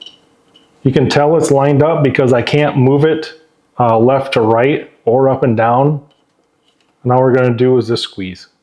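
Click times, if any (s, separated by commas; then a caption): none. A new rear wiper blade's plastic mount is lined up on the rear wiper arm's pin of a Bronco Sport while someone talks, with a few faint handling taps around 0.0–0.6 s and 6.7–6.8 s. The clip ends just before the squeeze, so nothing has seated or clicked yet.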